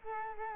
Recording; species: mosquito wingbeat signal from an infrared sensor; Culex quinquefasciatus